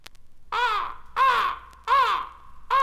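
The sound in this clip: Crow cawing: four harsh, drawn-out caws at a steady pace, each falling slightly at the end, with a faint low hum underneath.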